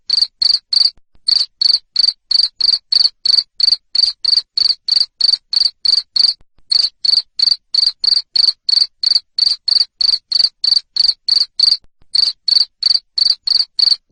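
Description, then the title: Cricket keeps up a long run of shrill, pulsing chirps, roughly three per second, with a few brief gaps. Loud cricket chirping played to make lovebirds keep singing (ngekek). "Suara JANGKRIK NGERIK Keras Bikin LOVEBIRD Jadi NGEKEK Terus Vubey"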